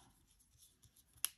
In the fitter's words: j'ai entendu le petit clac ça a ouvert le crayon voilà